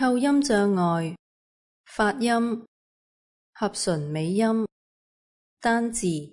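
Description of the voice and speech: Four slow, separate single-word utterances with flat pitch and drawn-out sounds, separated by long pauses, consistent with dysarthric articulation of single words.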